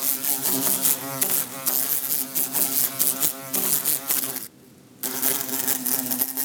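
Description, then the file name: Bumblebee buzzing, a low droning hum that wavers in pitch, broken by rapid tapping clicks and a half-second pause before it resumes. Bumblebee buzzing while trying to escape through a closed window. "Bumblebee trying to escape thru closed window"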